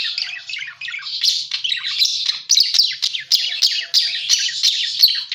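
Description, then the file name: Parakeet chatter, a continuous stream of high twitters, clicks and squeaky warbled notes with little pause. Lure sound used for catching birds. "pancingan suara burung parkit"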